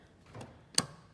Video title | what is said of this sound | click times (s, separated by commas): Richards Auto Lockup Install | until it goes click into place | 0.8 s